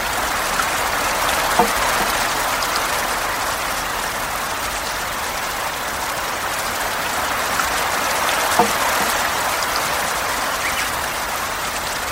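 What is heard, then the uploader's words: Rain falls steadily and densely in a garden, a constant even hiss centered in the middle and upper range with little change over the twelve seconds. A few sharper drips or taps stand out briefly, near 1.5 and 8.5 seconds. Ethereal Rain in the Oriental Garden.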